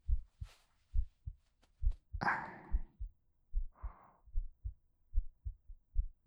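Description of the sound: Soft, steady paired heartbeats around 70 a minute, heard close against a woman's chest as if in a tight hug, with a sighing breath and faint whispers over them.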